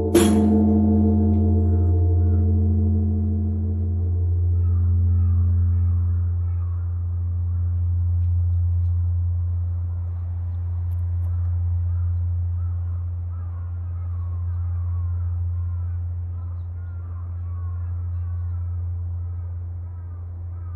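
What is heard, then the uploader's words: Morning at Zojo-ji Temple opens with a single heavy bell stroke whose ringing tone throbs and fades over about eight seconds. A deep, steady rumble runs beneath it throughout, slowly swelling and easing, with faint crow caws scattered through the second half. Morning Begins at Zojo-ji Temple. Zojo-ji Temple, the head temple of the Jodo sect of Buddhism, located beside Tokyo Tower. Urban Soundscape Tokyo.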